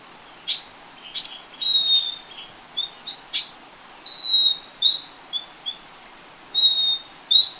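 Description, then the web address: Yellow-collared chlorophonia giving thin, high whistles, some drawn out and level, others short and paired, interspersed with brief chip notes in an irregular sequence. Recorded in Ecuador, South America. "Natures Songs S America Birds of Ecuador Yellow-collared Chlorophonia"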